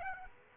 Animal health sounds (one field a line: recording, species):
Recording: mosquito wingbeat signal from an infrared sensor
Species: Aedes aegypti